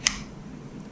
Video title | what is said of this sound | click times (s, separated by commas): Esee Vid | basically um kidex sheath fits really nice in there you can hear it pop in | 0.1 s